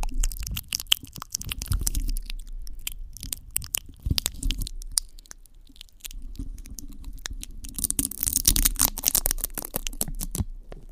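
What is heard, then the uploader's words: Close, quiet handling sounds fill the clip: quick crisp taps and scratchy rustles, like fingers working stickers and a scalp scratcher, come in dense irregular bursts. A brighter, hissier stretch of scratching rises around eight to ten seconds. It is otherwise silent. Glass tapping , head scratcher, stickers, mouth sounds.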